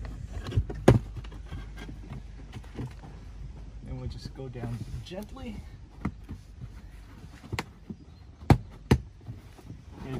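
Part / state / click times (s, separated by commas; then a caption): plastic interior trim panel clipped into the passenger footwell / released / 8.5 s, 8.9 s. A plastic interior trim panel clipped into the passenger footwell of a Tesla Model 3/Y is pulled off during an air filter change to a HEPA filter, while someone talks. Its snap-on clips release with sharp snapping sounds at 8.5 s and 8.9 s, and the panel comes free.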